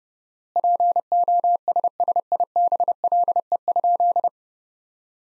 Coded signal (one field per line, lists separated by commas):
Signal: Morse code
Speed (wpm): 30 wpm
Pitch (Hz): 700 Hz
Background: none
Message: POSSIBLE?